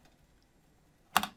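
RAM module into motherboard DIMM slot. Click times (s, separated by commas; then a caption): 1.2 s. A second 16 GB memory module, part of a 16 GB to 32 GB upgrade on an HP Envy TE01 1050, is pressed down on one side into the motherboard DIMM slot. After near silence, the first side's retention clip clicks at 1.2 s, a sharp snap with a brief rattle after it. Only one side has latched, so the module is partly seated.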